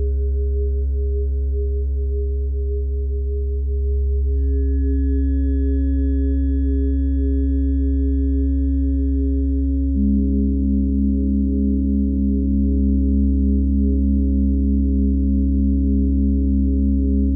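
A tuning fork and singing bowls ring in steady low tones, with a bright new pitch joining near four seconds and another around ten.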